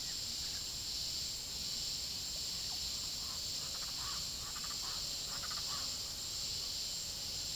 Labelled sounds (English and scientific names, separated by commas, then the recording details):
Yellow-rumped Cacique (Cacicus cela), Russet-backed Oropendola (Psarocolius angustifrons), Speckled Chachalaca (Ortalis guttata)
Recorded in pastures near Puerto Asís, Putumayo, Colombia, on 20 February 2024 at 09:00
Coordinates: 0.486, -76.323
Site G6462